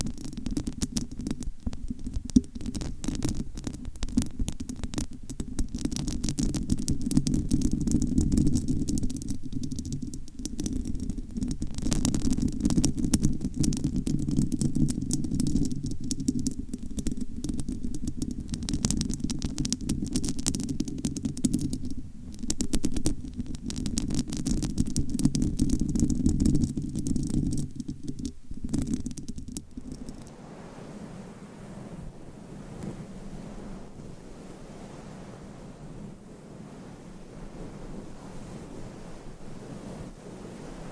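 Nails scratch across a microphone cover in dense, rapid strokes for about thirty seconds, a thick low rumble under bright crackly scraping that surges and dips. Around the thirty-second mark the scratching stops abruptly, leaving a much quieter, softer hiss through the end.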